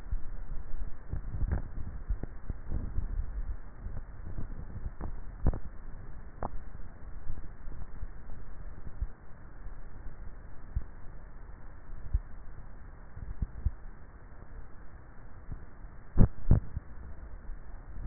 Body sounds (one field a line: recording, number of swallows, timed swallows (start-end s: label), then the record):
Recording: swallowing sounds by neck microphone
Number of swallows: 1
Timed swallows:
2.88-3.98 s: swallow
From the record:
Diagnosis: dysphagia